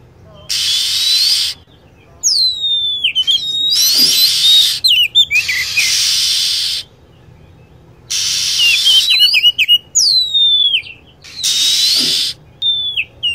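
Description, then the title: Lovebird calls as rapid, shrill, down-slurred chirps, interleaved with repeated bursts of steady hiss. Lure recording used to attract lovebirds. "PIKAT BURUNG LOVEBIRD"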